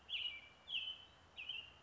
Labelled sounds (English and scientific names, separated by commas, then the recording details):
American Robin (Turdus migratorius)
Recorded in Sonoma County, California